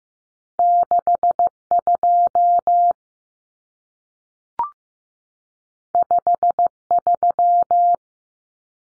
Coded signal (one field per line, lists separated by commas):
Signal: Morse code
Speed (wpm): 15 wpm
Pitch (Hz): 700 Hz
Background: none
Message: 62 53